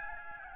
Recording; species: mosquito wingbeat signal from an infrared sensor; Aedes albopictus